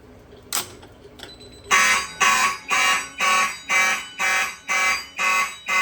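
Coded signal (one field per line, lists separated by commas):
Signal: alarm pattern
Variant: march time, 120 per minute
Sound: faint clicks, then a harsh horn and bell pulsing twice a second, about 9 blasts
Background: indoor room echo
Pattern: 9 short, evenly spaced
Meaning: Fire alarm evacuation signal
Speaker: I believe this is system test number 9, and we're gonna do 120 March.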